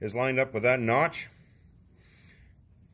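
Someone talks while a metal locking clip is positioned so its groove lines up with the notch on an aircraft control cable fitting, before the clip is slid in. After the talking stops at about 1.2 seconds, only a quiet low background hum remains, with a faint soft hiss near 2.0 to 2.4 seconds. Nothing has seated or clicked yet.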